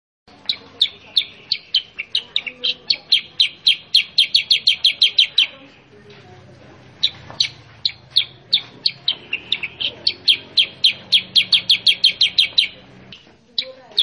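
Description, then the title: Sooty-headed bulbul song in two long bursts of rapid, clipped chirps that speed up into a stream, separated by a pause midway. Masteran training recording for cage birds, meant to make a young, untrained sooty-headed bulbul respond at once and sing energetically. "Masteran Kutilang Sutra. MASTERAN BURUNG KUTILANG SUTRA BIKIN KUTILANG SUTRA BAHAN LANGSUNG RESPON BUNYI GACOR"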